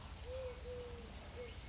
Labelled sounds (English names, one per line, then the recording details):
Eurasian Collared Dove
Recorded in Sonoma County, California